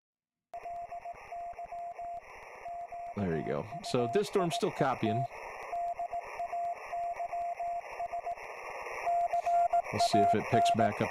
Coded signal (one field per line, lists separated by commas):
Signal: Morse code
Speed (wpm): 18 wpm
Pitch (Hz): 690 Hz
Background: speech, radio noise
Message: LY QUIET DAYS CAN